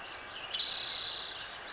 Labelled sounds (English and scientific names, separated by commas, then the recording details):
Spotted Towhee (Pipilo maculatus)
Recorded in Sonoma County, California